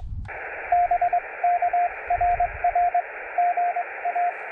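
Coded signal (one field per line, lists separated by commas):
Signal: Morse code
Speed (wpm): 19 wpm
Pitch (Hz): 700 Hz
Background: radio noise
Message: BK RR GA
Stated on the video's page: Parks on the Air activation at a national monument.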